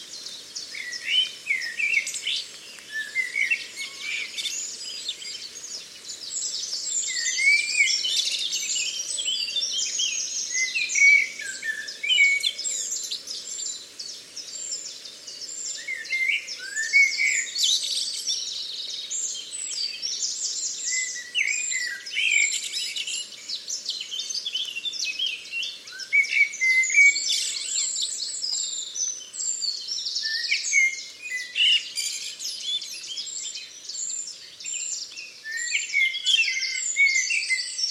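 Dense birdsong from Badbury Rings in Dorset fills the whole recording, with many overlapping chirps, trills and twittering phrases in a bright, high register. Short rising calls recur every few seconds, and a faint low murmur sits underneath throughout.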